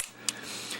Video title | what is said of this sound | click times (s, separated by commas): digital car maintenance II | just gonna click in there like this | 0.3 s